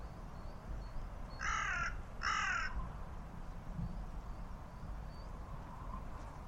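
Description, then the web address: Bird giving two harsh, hoarse caws about a second apart, over a low rumbling background. "cianscape. Deverinetal. Bird Only"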